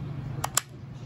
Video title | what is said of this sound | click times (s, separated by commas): At Home A1C Test Kit by CVS Health via Amazon.com | carefully insert it into the machine and it makes a click | 0.4 s, 0.6 s